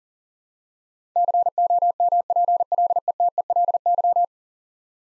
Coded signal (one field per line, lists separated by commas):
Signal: Morse code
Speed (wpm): 39 wpm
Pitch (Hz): 700 Hz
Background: none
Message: COMPLETELY